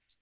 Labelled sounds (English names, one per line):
Magnolia Warbler flight call